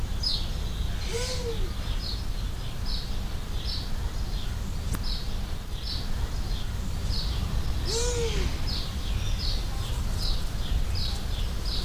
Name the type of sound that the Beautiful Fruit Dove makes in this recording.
call